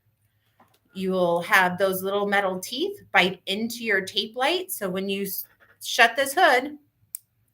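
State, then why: Seated. Someone talks while the hinged plastic hood of a heavy-duty connector is shut over LED tape light so its little metal teeth bite into the tape. A sharp snap is heard at 7.2 seconds, showing the tape light has made a solid connection with the connector.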